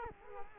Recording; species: mosquito wingbeat signal from an infrared sensor; Culex quinquefasciatus